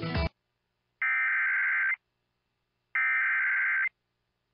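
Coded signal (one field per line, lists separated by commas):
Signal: Emergency Alert System (SAME) tones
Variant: header bursts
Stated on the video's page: NOAA Weather Radio alerts from Sioux Falls during a derecho.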